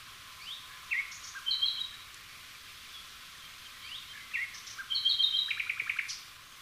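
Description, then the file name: Common nightingale song: varied phrases of whistled notes, sharp chirps and a fast rattling trill near the end, delivered in bursts separated by short pauses. "Luscinia megarhynchos"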